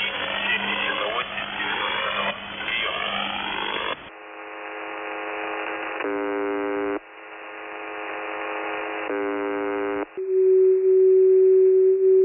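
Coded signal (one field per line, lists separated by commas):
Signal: channel marker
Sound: harsh buzzing and droning tones in changing blocks, ending in a steady low hum-tone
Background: radio static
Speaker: Examples of messages from numbers radio stations.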